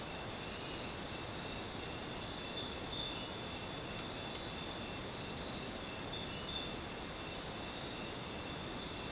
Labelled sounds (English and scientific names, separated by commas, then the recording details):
none
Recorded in dense forest near Puerto Asís, Putumayo, Colombia, on 23 June 2025 at 22:00
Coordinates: 0.484, -76.317
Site G045